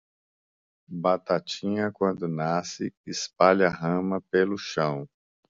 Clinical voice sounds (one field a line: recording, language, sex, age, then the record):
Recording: short text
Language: Brazilian Portuguese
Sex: male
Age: 50 to 59 years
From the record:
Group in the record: control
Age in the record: 53 years